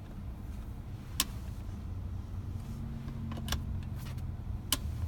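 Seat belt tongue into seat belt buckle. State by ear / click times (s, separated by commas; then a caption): not seated / none. A metal seat belt tongue is pushed into the plastic housing of the middle-row passenger-side seat belt buckle in a 2017 Chrysler Pacifica. It makes sharp knocks at about 1.2, 3.5 and 4.7 seconds over a low steady hum. The buckle fails to latch: the tongue does not go all the way in, and nothing has clicked or seated.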